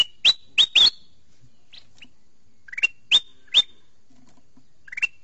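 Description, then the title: Sooty-headed bulbul calls: short sharp notes sliding upward into high clear whistles, given in quick groups of two or three with pauses between. "Suara Burung Kutilang"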